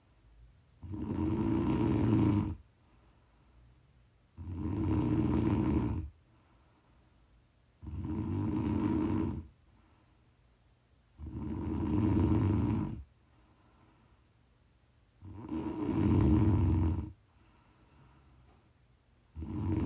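Loud, rough, low-pitched snores repeat about 17 times a minute, each lasting nearly two seconds, with quiet gaps between them. The pattern is steady, typical of ordinary snoring during sleep.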